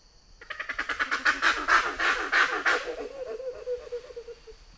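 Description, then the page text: Thomas's langur calling, a rapid series of harsh, pulsed barks that swell in loudness, then fade into a lower, wavering tail. "Presbytis thomasi - ecoSound-web"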